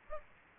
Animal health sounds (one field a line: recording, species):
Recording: mosquito wingbeat signal from an infrared sensor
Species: Aedes aegypti